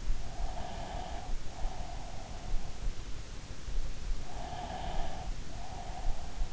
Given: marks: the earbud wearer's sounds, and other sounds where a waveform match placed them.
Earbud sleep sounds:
sounds in sleep by an in-ear microphone; breath
0.56-2.70 s: breath
4.15-6.53 s: breath

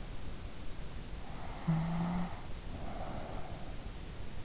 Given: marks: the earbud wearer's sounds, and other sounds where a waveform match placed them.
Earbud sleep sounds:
sounds in sleep by an in-ear microphone; snoring breath
1.12-3.81 s: snoring breath

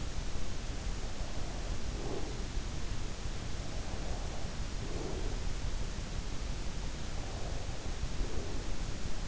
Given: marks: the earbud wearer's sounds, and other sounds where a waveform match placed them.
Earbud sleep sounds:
sounds in sleep by an in-ear microphone; breath
1.56-2.82 s: breath
3.72-5.73 s: breath
7.12-9.28 s: breath

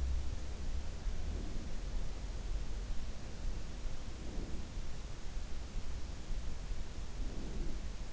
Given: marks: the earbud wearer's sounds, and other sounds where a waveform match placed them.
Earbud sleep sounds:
sounds in sleep by an in-ear microphone; breath
1.02-1.64 s: breath
4.01-4.72 s: breath
7.12-7.84 s: breath

